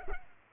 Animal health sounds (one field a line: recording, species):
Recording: mosquito wingbeat signal from an infrared sensor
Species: Culex pipiens